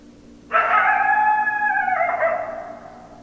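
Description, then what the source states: Coyote howl: one sudden harmonic call, held steady and then sliding lower in pitch as it wavers and fades over about two and a half seconds. Several coyotes; 10 December 2012.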